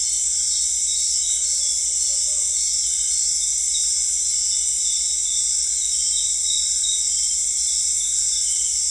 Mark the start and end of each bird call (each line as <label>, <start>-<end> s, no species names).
bird call, 1.60-2.83 s